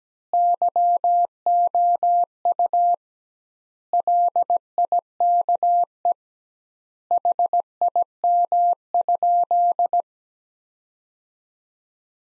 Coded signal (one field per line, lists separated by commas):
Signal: Morse code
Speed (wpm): 17 wpm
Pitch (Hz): 700 Hz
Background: none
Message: YOU LIKE HIM?